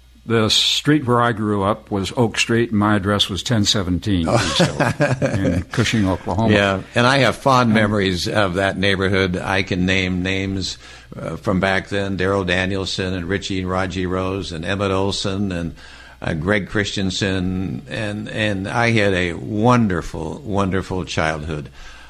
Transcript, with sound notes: The street where I grew up was Oak Street and my address was 1017 in Cushing, Oklahoma.
(Laughing) Yeah, and I have fond memories of that neighborhood. I can name names from back then: Darryl Danielson, and Richie Roggie Rose, and Emmett Olsen, and Greg Christensen, and I had a wonderful, wonderful childhood.